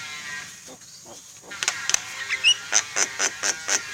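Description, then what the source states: Javan myna song: a run of harsh, clipped notes repeated about four times a second, with one short rising whistle mixed in, over faint hiss. Singing actively, the style called gacor.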